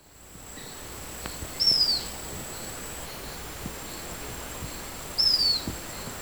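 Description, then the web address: Cinnamon neopipo song: two thin, high whistled notes sliding downward, about three and a half seconds apart, over a steady high insect drone and faint chirps. Ecuador. "Birds of Ecuador. Cinnamon Neopipo"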